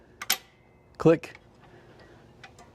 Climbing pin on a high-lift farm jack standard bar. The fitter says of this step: you'll come back down, click,